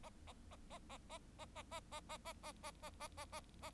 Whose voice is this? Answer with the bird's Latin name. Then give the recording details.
Lonchura striata domestica. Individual Bird4